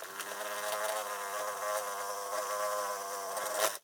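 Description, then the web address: Hornet wings buzzing in a steady, droning hum with slight wavering in pitch, rising briefly in loudness before stopping abruptly. Hornet taking off. "Blastwave INSECTS Hornet Take Off"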